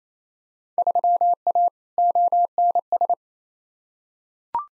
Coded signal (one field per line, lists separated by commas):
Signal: Morse code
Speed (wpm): 28 wpm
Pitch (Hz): 700 Hz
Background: none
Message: 3A ONS